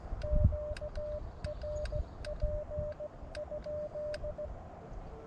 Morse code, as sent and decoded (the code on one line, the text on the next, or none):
--.- .-. .--. ..--..
QRP?